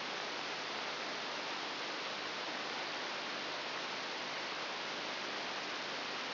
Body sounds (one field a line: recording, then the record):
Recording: brain microelectrode recording played as sound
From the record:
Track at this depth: inside the subthalamic nucleus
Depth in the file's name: 0.609 mm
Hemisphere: right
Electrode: 3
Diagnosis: Parkinson's disease